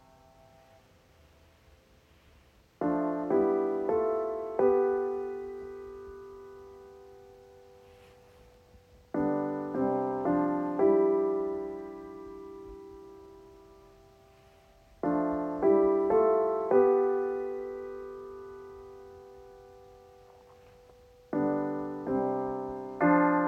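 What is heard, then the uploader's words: A meditative zen chord in F, played as slow rising arpeggios of clear ringing tones. The phrase returns roughly every six seconds, at about 3, 9, 15 and 21 seconds, each cluster of notes sustaining and fading away slowly, with near silence between. Meditation Zen Chord in F. Artifon Chorda Zen chorus.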